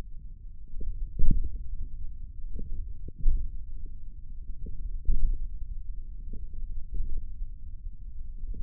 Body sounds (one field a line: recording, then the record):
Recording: forearm muscle sounds (acoustic myography)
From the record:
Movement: index flexion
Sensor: system 1, eight BSWA MPA416 microphones around the upper forearm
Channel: 5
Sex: male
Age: 28 years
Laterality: right